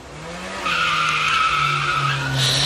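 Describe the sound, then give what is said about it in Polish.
A screeching tire skid, a sustained high squeal over a low engine rumble, lasting a couple of seconds and rising slightly in loudness toward the end. “Uratował ropuchę przed pędzącym samochodem?”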